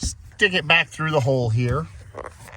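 Someone talks while handling a plastic brake light switch for a Ford E Series van, guiding it back through the hole in the brake pedal bracket, where it twist-locks in. A few faint short ticks sound near the end of the clip. Nothing has seated or clicked yet.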